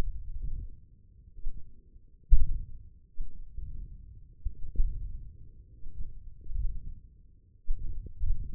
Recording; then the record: forearm muscle sounds (acoustic myography)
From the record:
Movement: tripod grip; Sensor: system 1, eight BSWA MPA416 microphones around the upper forearm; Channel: 4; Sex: male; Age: 20 years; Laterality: left